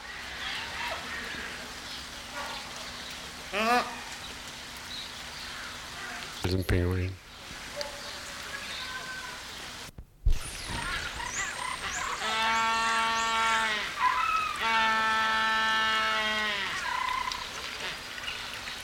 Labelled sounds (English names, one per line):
Humboldt Penguin call